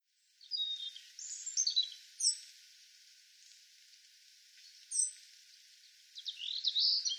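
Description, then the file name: European robin giving high, thin whistled and trilled phrases with short sharp notes between them. "Erithacus rubecula"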